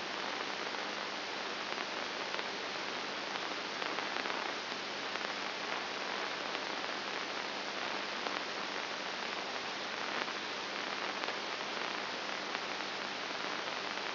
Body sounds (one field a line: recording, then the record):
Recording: brain microelectrode recording played as sound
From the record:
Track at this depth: inside the subthalamic nucleus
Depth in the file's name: 2.301 mm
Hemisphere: right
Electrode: 2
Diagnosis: Parkinson's disease